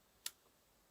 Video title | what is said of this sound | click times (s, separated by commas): Hultafors OKF (Teil 1/2) - Outdoor Klappmesser von Hultafors? Ein irritierender Ersteindruck | then you see how this clicks into place. | 0.3 s